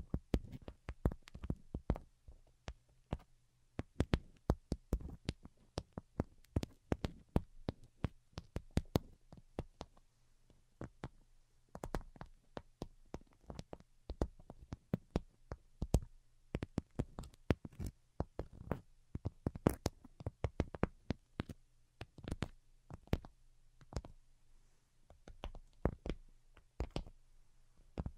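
Delicate tapping, a steady stream of sharp, light taps and clicks coming in quick, uneven bursts with brief pauses between. The strikes are crisp and bright, spread evenly across the whole stretch, over a faint low hum that stays constant underneath.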